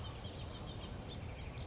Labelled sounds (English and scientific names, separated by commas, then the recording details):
House Finch (Haemorhous mexicanus)
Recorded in Sonoma County, California